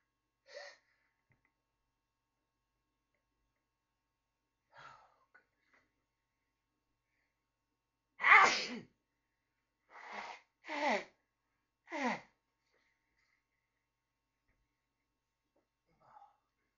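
An adult gives a series of four sharp, explosive sneezes in quick succession after a quiet stretch, with softer breathy sounds before and after. These are ordinary sneezes, a reflex that clears irritants from the nose.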